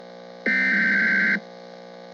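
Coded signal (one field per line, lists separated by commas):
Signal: Emergency Alert System (SAME) tones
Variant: header bursts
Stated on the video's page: Captured real statewide child abduction emergency alert for Wisconsin.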